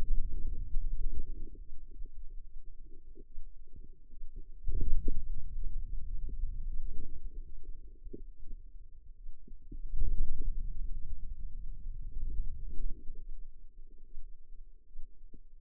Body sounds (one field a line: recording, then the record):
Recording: forearm muscle sounds (acoustic myography)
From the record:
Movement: finger pinch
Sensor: system 2, bracelet of six BSWA MPA416 microphones around the upper forearm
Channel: 6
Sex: female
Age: 25 years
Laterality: right